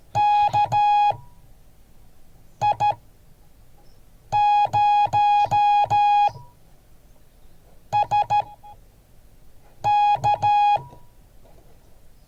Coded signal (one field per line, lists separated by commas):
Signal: Morse code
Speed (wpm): 13 wpm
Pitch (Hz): 830 Hz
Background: music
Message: KI0SK